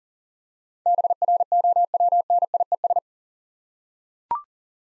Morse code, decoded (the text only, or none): BROWNIES